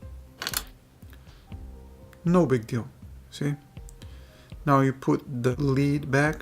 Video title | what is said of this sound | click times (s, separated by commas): 3 Steps To Install Memory & Install Hard Drive In The SONY VAIO Laptop | then you push it down until you hear the clicks from the levers no | 0.4 s, 0.5 s, 0.6 s